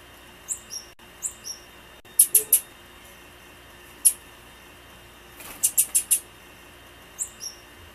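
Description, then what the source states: Blue-black grassquit uttering clusters of very high, clipped chips and single notes, while another bird repeats short downslurred whistled pairs at the start and end. Female bird.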